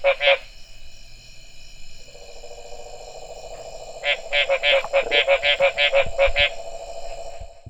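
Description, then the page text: Mexican treefrog giving a single note, then after a lull a rapid series of short, raspy, nasal calls, with a constant high-pitched drone throughout. "Smilisca baudinii"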